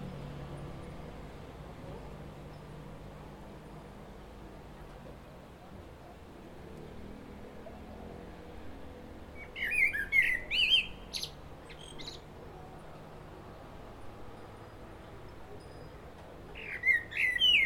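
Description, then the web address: Common blackbird song, two brief phrases of fluty notes with high twittering endings, with long quiet stretches of faint hiss before and between them. "pub SETE data Turdus merula"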